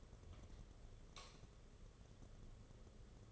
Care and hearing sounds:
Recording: daily activity, microphone in the room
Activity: light on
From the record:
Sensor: 4

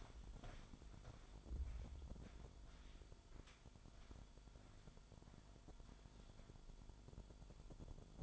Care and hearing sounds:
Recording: daily activity, microphone in the room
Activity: walk to room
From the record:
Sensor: 5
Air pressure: 1008.3 hPa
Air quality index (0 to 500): 126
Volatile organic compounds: 1 ppm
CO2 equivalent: 970 ppm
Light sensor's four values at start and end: 33/77/31/30 and 35/80/32/32

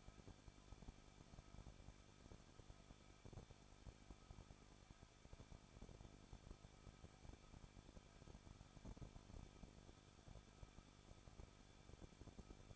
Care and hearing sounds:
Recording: daily activity, microphone in the room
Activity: no activity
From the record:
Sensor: 5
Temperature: 20.9 degrees Celsius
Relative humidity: 38.1%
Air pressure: 1006.4 hPa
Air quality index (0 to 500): 187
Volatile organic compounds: 18 ppm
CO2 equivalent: 2622 ppm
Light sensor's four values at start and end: 2/3/1/1 and 2/3/1/1

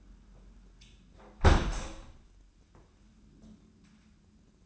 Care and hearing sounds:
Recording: daily activity, microphone in the room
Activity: close window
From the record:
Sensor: 2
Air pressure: 994.3 hPa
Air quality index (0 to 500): 209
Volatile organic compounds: 1000 ppm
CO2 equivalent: 6951 ppm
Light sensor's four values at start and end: 67/156/65/64 and 65/153/63/62

